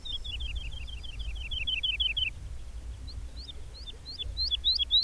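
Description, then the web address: Songbird with a quick run of descending slurred notes, then a slower sequence of rising two-part notes growing louder; low background noise throughout. "madarak enek"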